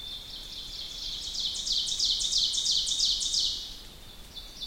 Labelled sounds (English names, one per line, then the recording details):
Ovenbird song
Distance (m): 40 m
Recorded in boreal forest in Alberta, Canada, on 2 June 2016 at 05:56
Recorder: SongMeter 3, array SBT-3-7
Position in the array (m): -2 m, 87 m
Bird 7